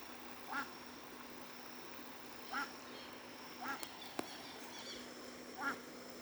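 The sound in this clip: Muscovy duck giving four short calls spread over six seconds, with a sharp click midway and a steady low hum underneath.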